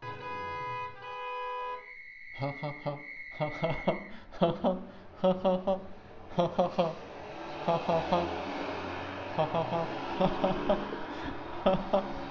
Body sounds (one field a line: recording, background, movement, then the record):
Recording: laughter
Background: traffic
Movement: sitting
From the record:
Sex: male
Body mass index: 23.7 kg/m2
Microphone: on the chest, facing outward